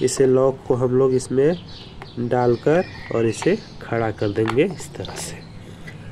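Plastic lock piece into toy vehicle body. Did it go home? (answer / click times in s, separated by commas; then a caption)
yes / 5.9 s. A plastic lock piece is inserted into a toy vehicle body and stood upright while someone talks. The talking stops, then a short, faint snap at 5.9 s marks the piece seating and locking into place.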